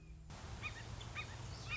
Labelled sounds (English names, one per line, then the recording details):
Red-shouldered Hawk
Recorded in Sonoma County, California